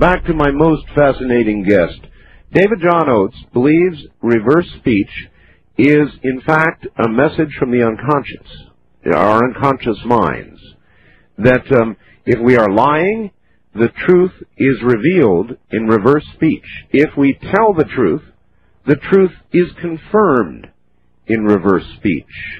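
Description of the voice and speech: An adult man speaks fluently in a clear, steady radio-host voice with natural pauses, typical of normal speech.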